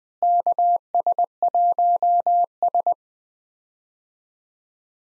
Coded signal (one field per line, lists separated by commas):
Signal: Morse code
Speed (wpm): 21 wpm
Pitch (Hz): 700 Hz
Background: none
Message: KS1S